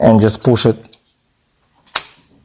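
Someone talks, then the two plastic halves of the green headlight wire connector on a Hyper GoGo Cruiser 12 kids electric motorbike are pushed together with their arrows aligned. A short, sharp click sounds at 2.0 s as the connector seats home in its mating plug.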